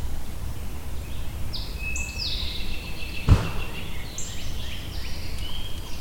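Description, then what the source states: Birds singing together, with high whistled notes and sliding phrases, one sharp click midway, over a steady low rumble. Birds recorded at Shawnee.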